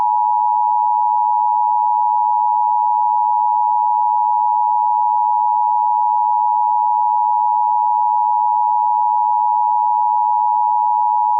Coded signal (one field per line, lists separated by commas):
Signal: Emergency Alert System (SAME) tones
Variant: 853 and 960 Hz attention tone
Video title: Fake Philippine EAS system with rick roll